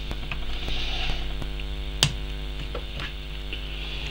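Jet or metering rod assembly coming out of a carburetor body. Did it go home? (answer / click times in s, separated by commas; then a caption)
released / 2.0 s. A jet or metering-rod part is pulled out of a four-barrel Edelbrock 1406 carburetor being stripped and cleaned from a 1971 Dodge Dart, over a steady low hum with a few faint ticks. It releases with one sharp, bright click at 2.0 s as it snaps out of the carburetor body.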